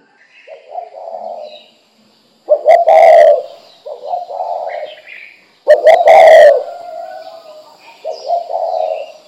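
Spotted dove cooing song, low mellow phrases repeated several times, two of them with a louder, harsher note.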